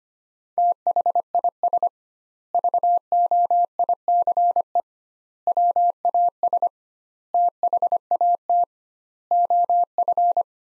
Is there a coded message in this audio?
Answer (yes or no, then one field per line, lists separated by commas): yes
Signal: Morse code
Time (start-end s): 0.6-10.4 s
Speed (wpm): 25 wpm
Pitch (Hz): 700 Hz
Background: none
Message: THIS VOICE WAS THAT OF